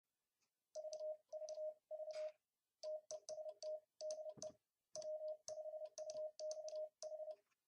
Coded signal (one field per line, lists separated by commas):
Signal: Morse code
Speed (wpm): 29 wpm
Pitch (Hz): 620 Hz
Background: none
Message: VVV TESTDE W5UXH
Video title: W5UXH Keyer 2014 proto2 demo